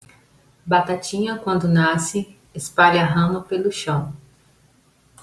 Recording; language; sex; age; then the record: short text; Brazilian Portuguese; female; 30 to 39 years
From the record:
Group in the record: control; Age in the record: 33 years